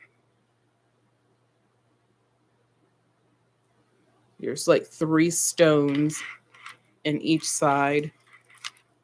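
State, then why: Seated. After about four seconds of silence, someone talks about a brooch set with three stones on each side. The metal pin of the brooch is then pushed back into its safety clasp and snaps shut with a short, sharp click at 8.7 s, showing it is seated so the brooch won't be lost.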